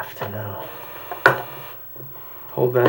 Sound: drier buzzes